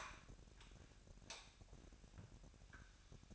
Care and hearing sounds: daily activity, microphone in the room; light off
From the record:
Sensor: 2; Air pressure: 1011.8 hPa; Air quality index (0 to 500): 219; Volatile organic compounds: 4 ppm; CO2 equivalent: 1538 ppm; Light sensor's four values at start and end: 16/45/18/18 and 12/27/12/12

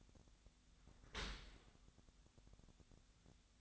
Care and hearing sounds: daily activity, microphone in the room; open dishwasher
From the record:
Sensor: 3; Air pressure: 1006.7 hPa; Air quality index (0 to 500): 207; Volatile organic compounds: 19 ppm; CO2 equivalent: 2645 ppm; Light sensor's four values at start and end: 10/24/10/10 and 10/24/10/10

